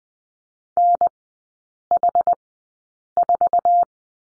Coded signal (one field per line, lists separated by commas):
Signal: Morse code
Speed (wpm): 20 wpm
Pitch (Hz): 700 Hz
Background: none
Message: NH4